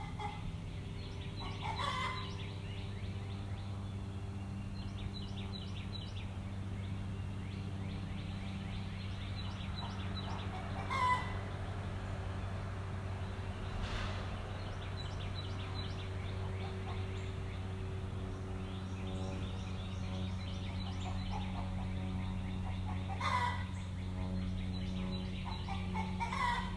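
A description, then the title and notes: Hens cluck and murmur steadily in a backyard on a summer morning, their short repeated calls coming in small clusters every few seconds. A few sharper, louder squawks stand out near the start, middle and toward the end, over a constant low hum. Soundcast: Yardbirds In Greenville. Recorded early one morning in June 2020 in a Greenville backyard. It’s a summer morning and the hens sound hungry.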